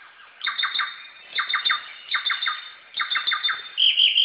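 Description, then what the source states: Samyong song: short bursts of three or four bright chirping notes, repeated about once a second, ending in a higher phrase. Recorded in forest.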